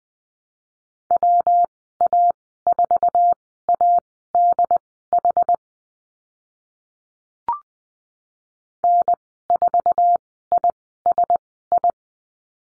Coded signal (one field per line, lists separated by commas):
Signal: Morse code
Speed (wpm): 20 wpm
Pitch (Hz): 700 Hz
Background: none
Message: WA4ADH N4ISI